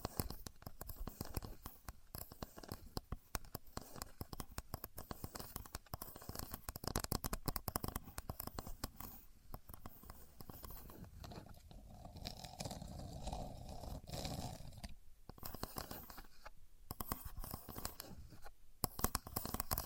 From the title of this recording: Using A Contour Gauge (No Talking)